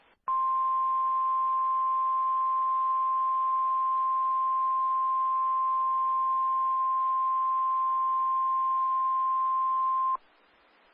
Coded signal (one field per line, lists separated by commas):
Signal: Emergency Alert System (SAME) tones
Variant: 1050 Hz attention tone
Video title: EAS 170 - Flash Flood Warning in Oklahoma